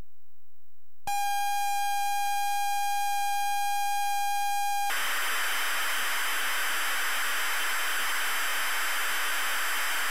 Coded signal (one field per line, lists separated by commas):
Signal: ZX Spectrum tape loading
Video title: ZX Spectrum Rolling Thunder